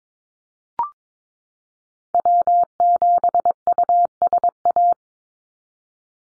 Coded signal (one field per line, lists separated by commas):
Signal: Morse code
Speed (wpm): 22 wpm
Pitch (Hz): 700 Hz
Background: none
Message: W7USA